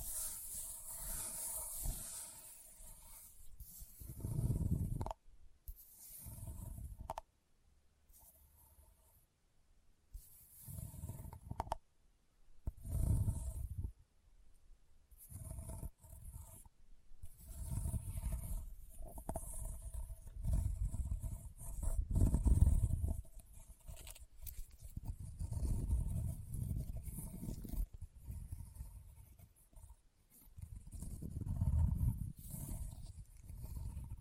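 Leather is tapped and scratched in uneven bursts, with soft low thuds and rough, rasping strokes that swell and fade. Brief silent gaps break the first fifteen seconds, and a faint steady hum sits underneath throughout.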